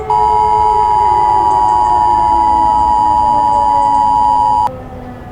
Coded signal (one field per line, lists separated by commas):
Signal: Emergency Alert System (SAME) tones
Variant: 853 and 960 Hz attention tone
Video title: EAS scenario - The Lurker[connected with my first short]